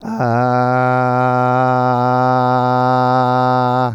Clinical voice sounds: sustained vowel /a/; male; 50 to 59 years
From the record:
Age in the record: 59 years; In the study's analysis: included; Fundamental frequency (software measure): 126 Hz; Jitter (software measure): 0.26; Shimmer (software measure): 1.14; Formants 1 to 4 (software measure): 757 Hz, 1353 Hz, 2766 Hz, 4116 Hz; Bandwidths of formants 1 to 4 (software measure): 110 Hz, 85 Hz, 273 Hz, 378 Hz

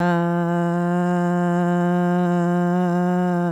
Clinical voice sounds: sustained vowel /a/; female; 30 to 39 years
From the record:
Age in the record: 35 years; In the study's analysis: included

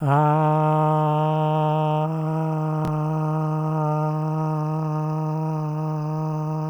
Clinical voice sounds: sustained vowel /a/; male; 50 to 59 years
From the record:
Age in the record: 57 years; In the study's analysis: excluded

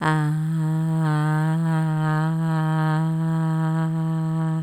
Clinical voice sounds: sustained vowel /a/; female; 40 to 49 years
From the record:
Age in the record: 48 years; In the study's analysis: included

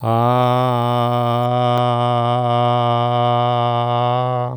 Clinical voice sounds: sustained vowel /a/; male; 60 to 69 years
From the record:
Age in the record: 60 years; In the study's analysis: included

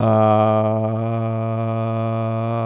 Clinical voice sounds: sustained vowel /a/; male; 40 to 49 years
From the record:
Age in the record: 46 years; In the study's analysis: included

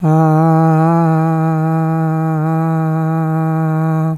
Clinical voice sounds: sustained vowel /a/; female; 70 to 79 years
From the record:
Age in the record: 71 years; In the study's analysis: included

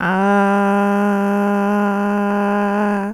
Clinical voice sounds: sustained vowel /a/; female; 20 to 29 years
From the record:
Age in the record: 27 years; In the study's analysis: included

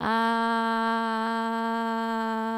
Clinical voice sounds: sustained vowel /a/; female; 20 to 29 years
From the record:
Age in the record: 21 years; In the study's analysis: included

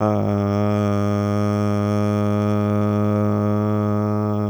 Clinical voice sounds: sustained vowel /a/; male; 40 to 49 years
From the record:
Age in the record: 40 years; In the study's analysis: included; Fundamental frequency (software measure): 104 Hz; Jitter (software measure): 0.30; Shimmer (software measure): 0.49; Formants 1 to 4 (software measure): 583 Hz, 1266 Hz, 2283 Hz, 3337 Hz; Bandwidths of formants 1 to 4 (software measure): 207 Hz, 106 Hz, 371 Hz, 178 Hz

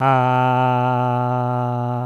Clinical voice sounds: sustained vowel /a/; male; 50 to 59 years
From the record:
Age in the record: 59 years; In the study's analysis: included

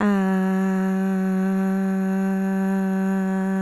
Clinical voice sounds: sustained vowel /a/; female; 30 to 39 years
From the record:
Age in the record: 30 years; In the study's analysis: included

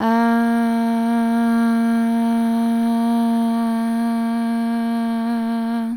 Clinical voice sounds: sustained vowel /a/; female; 20 to 29 years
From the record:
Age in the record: 25 years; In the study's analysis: included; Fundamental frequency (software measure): 219 Hz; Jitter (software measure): 0.45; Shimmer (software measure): 0.65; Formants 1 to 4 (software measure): 806 Hz, 1691 Hz, 2640 Hz, 3461 Hz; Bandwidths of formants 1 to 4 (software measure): 109 Hz, 271 Hz, 371 Hz, 276 Hz

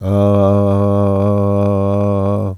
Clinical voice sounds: sustained vowel /a/; male; 60 to 69 years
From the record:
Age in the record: 62 years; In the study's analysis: included

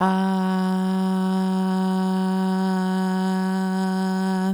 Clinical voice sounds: sustained vowel /a/; female; 20 to 29 years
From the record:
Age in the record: 20 years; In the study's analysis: included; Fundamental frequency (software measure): 188 Hz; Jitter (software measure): 0.39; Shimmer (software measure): 0.61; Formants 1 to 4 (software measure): 885 Hz, 1513 Hz, 3046 Hz, 3810 Hz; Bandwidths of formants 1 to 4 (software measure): 142 Hz, 252 Hz, 244 Hz, 377 Hz

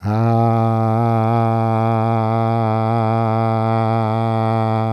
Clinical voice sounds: sustained vowel /a/; male; 50 to 59 years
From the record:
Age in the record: 55 years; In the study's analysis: included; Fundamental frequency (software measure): 112 Hz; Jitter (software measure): 0.24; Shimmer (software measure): 0.80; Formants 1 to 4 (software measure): 750 Hz, 1265 Hz, 2296 Hz, 3437 Hz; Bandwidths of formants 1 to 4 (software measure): 112 Hz, 184 Hz, 133 Hz, 165 Hz

